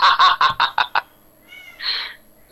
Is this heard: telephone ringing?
no